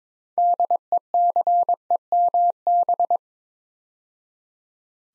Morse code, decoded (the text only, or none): DECEMB